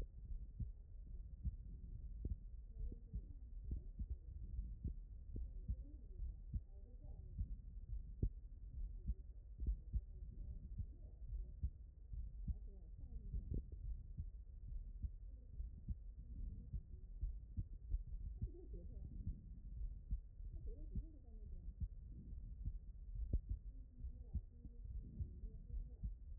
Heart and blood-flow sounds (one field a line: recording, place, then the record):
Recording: heart sounds by stethoscope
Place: aortic valve (AV)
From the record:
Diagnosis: HFrEF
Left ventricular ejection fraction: 33%